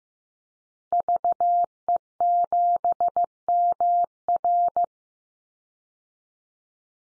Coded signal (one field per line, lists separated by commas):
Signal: Morse code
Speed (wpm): 15 wpm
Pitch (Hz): 700 Hz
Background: none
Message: VE7MR